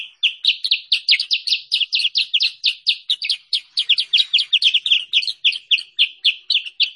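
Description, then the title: Sooty-headed bulbul singing a continuous stream of quick, bright chirps, steady throughout. Masteran (training song) and pikat lure recording of kutilang sutra, used for trapping or training birds. "Masteran Kutilang Sutra. suara pikat burung kutilang sutra"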